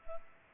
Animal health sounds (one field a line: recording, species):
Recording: mosquito wingbeat signal from an infrared sensor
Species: Culex pipiens